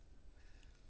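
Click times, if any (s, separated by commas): none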